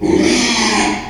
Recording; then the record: squeal of a Yucatan mini pig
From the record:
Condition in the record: after surgery on the right vocal fold (resection and tissue-engineered implant); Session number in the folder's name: 2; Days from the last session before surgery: 13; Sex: male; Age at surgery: 12 weeks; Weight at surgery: 13 kg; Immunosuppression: cyclosporine, prednisolone